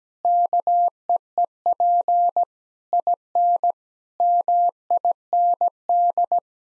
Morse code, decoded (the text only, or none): KEEP IN MIND